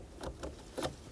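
A new ignition starter switch for a 2005-2015 Toyota Tacoma is handled and pushed toward the back of the ignition lock cylinder housing under the steering column. Faint scraping and handling noises rise briefly at about 0.2, 0.4 and 0.8 seconds over a low background hum. Nothing has seated or clicked into place yet.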